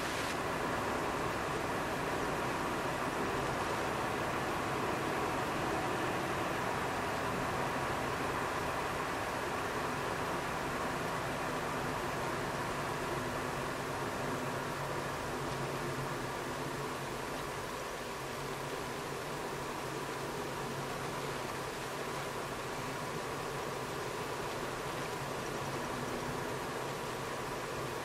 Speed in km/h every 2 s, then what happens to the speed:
74, 71, 68, 65, 59, 54, 51, 49, 49, 49, 48, 47, 46, 45.
0-13 slows to 49. 13-28 steady at about 48.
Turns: none.